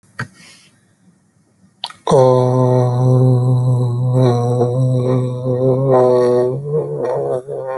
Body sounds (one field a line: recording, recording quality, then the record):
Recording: sustained vowel as in boot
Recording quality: excellent, no background noise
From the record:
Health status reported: healthy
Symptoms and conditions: none ticked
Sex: male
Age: 35 years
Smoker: not ticked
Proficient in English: yes